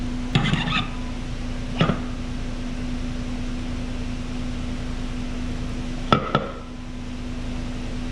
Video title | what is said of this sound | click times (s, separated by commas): Deathtrap Update Video 2 (transmission and accessories) | perfect okay i'm gonna keep spinning this and i think i only heard two clicks and i believe you should hear three on these so | 0.4 s, 6.1 s